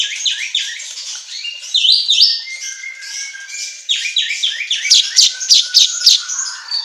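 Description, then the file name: Asian golden weaver song, a continuous jumble of twittering, buzzy and scratchy notes with bursts of quick sharp chips. Made for training songbirds; 'auto gacor' style to set caged birds singing. "Suara Kicau Manyar Kepala Emas Auto Gacor"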